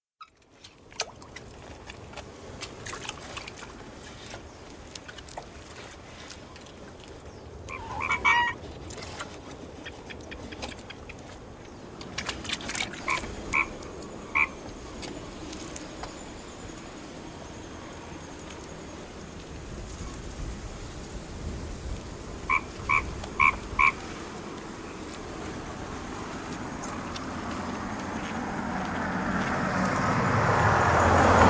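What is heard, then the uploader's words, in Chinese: Frogs call from a field in short croaking bursts, clustered around 8 seconds, 12 to 15 seconds and 23 seconds, each a quick run of repeated notes. A steady low hum underlies them, and a vehicle approaches and grows loud toward the end. 大自然的声音_田中的蛙。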